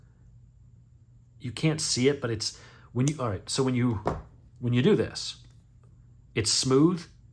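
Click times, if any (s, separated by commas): none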